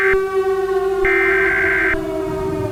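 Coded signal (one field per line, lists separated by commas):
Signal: Emergency Alert System (SAME) tones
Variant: header bursts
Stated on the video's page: Simulated alert scenario, generated with a DASDEC encoder.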